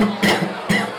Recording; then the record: coughing mixed with background sound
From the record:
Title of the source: Man Coughing Sound - Wet Cough Sound Effect